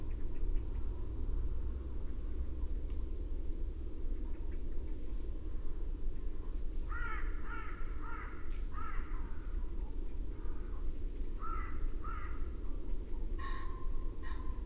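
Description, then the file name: Carrion crow giving rasping caws in bursts, a series of several around seven to nine seconds, then more spaced caws later, with a constant low rumble underneath. "Corvus corone"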